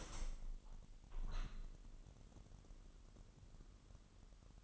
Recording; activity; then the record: daily activity, microphone in the room; open window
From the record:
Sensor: 4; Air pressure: 998.8 hPa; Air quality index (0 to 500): 121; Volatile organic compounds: 2 ppm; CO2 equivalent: 1186 ppm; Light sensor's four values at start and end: 9/22/9/10 and 9/22/9/10